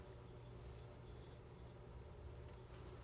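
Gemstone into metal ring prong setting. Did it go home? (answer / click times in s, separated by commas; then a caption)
no / none. A gemstone is slipped into place and lined up in a metal ring prong setting before it is pushed home. Only a steady low hum and faint broadband noise are heard for about 3.1 seconds, with no sharp transients. The stone has not snapped in or clicked yet.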